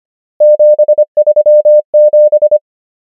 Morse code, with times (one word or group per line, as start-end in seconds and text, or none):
0.4-1.0 7
1.2-1.8 3
1.9-2.6 7